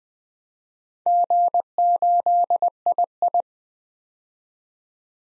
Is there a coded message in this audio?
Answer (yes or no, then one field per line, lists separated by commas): yes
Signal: Morse code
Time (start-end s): 1.1-3.4 s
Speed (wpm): 20 wpm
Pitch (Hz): 700 Hz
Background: none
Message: G8II